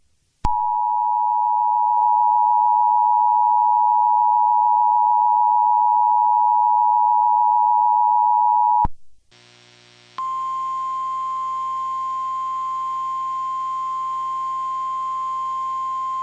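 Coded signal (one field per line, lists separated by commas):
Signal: Emergency Alert System (SAME) tones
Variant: 853 and 960 Hz attention tone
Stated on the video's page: Reenactment mock of a real tornado emergency alert for Hendersonville/Gallatin, Tennessee; a recreation, not live.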